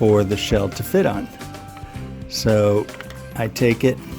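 A plastic HO-scale locomotive shell is handled above a model locomotive chassis fitted with shaved-down styrene L-bracket ledges, while someone talks over background music. Nothing has seated or clicked yet; the shell has not snapped into place by the end of the clip.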